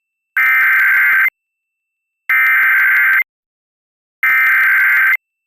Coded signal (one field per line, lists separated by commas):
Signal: Emergency Alert System (SAME) tones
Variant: header bursts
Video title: EAS Tornado Warning During Hero Elementary (5-27-22 WMPB-DT3)